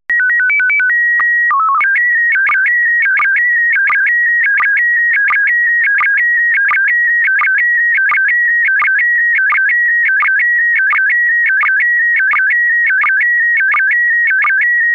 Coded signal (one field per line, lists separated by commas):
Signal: SSTV (slow-scan television)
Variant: PD 90